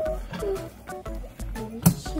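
A part of a Mickey Mouse Christmas animatronic figure is pushed together into the body, and it seats with a sharp click at 1.9 s. Music plays in the background throughout, with a few softer knocks before the click. Someone talks.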